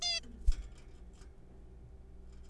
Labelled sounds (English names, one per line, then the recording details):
Zebra Finch
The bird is a juvenile
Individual R3428